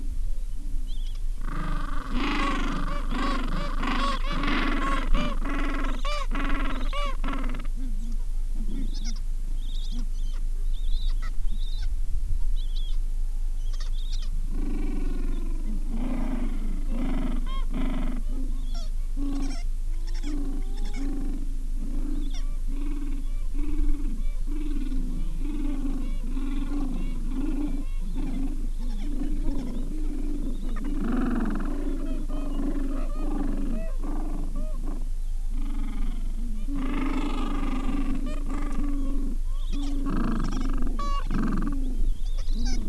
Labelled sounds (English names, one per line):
Gentoo Penguin